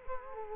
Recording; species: mosquito wingbeat signal from an infrared sensor; Culex quinquefasciatus